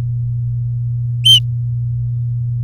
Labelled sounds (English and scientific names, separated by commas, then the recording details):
Domestic Canary (Serinus canaria) song
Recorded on 3 May 2018 at 16:53
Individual llb16